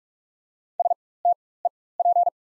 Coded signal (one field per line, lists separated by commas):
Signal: Morse code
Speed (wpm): 43 wpm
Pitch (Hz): 700 Hz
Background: none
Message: STEP